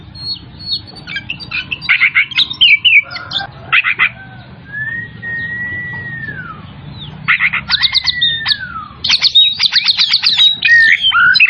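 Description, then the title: Oriental magpie-robin song: loud varied phrases of buzzy notes and rapid trills, with long smooth slurred whistles, over a steady low hum. Singing vigorously, in the style called gacor; from Tretes. "Kacer Tretes"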